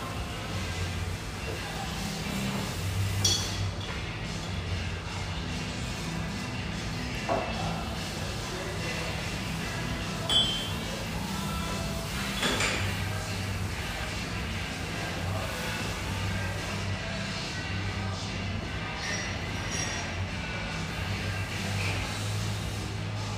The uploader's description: the pleasant hum in this lovely espresso house near the Vancouver riverfront